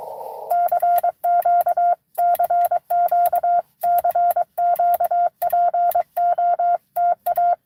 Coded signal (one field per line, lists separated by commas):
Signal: Morse code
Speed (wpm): 23 wpm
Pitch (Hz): 700 Hz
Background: none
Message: CQ CQ CQ POTA